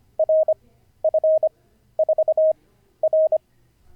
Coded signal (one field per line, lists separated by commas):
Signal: Morse code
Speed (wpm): 25 wpm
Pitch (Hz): 630 Hz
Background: none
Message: RF4R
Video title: N0SSC Learns Morse Code [Day 46]